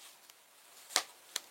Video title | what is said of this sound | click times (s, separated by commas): 😀❤️🐝{Junk-Partenariat} Carnet (&Co) trop Mimi, ultra Pratique pour nos Sacs à main ! #beebeecraft👍🏼💞 | un petit clic j'aime mieux c'est mieux | 1.0 s